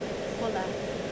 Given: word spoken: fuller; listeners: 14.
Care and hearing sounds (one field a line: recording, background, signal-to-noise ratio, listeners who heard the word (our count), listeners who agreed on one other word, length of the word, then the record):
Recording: one English word in noise, from a listening test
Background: speech-shaped noise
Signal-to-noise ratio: -4.0 dB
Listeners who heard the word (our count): 3 of 14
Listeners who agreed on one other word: 6 of 14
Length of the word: 0.72 s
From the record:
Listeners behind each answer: 6, 3, 2, 1, 1, 1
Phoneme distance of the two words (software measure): 20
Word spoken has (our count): 2 syllables, 4 phonemes, stress on syllable 1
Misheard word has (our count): 2 syllables, 4 phonemes, stress on syllable 1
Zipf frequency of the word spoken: 3.35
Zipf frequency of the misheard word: 3.98